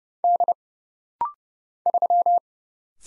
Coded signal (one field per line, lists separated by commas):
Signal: Morse code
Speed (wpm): 30 wpm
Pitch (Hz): 700 Hz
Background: none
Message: D 3